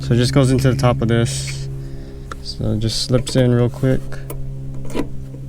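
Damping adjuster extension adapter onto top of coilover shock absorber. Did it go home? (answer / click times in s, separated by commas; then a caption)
no / none. A damping adjuster extension adapter is slipped onto the top of a coilover shock absorber's damping adjuster while someone talks over a steady low hum, with a brief sharp tap at 2.3 s. The adapter is only being handled and has not seated or clicked yet.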